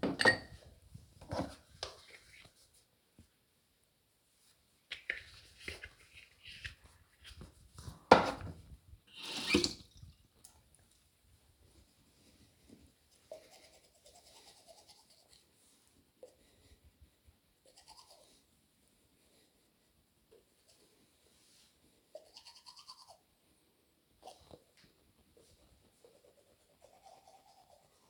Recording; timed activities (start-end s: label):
household activities, microphone on the right wrist
0.90-28.10 s: brushing teeth